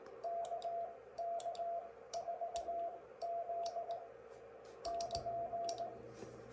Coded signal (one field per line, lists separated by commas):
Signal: Morse code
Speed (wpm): 18 wpm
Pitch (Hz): 680 Hz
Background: none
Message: KK4Z <KN>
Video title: CW keys for everyone